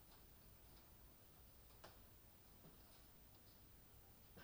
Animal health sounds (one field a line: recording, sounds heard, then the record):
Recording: poultry house recording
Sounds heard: no chicken sound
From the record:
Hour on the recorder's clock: 23